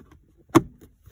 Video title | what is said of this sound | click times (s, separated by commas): Very rare s202 trim install with a new mishimoto shift knob and turn signal extender on my 02 wrx | pops right in | 0.6 s